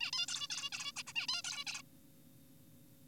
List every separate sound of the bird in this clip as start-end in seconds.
0.01-0.11, 0.13-0.27, 0.28-0.48, 0.50-0.70, 0.72-0.92, 0.96-1.03, 1.07-1.13, 1.16-1.27, 1.29-1.42, 1.44-1.64, 1.67-1.82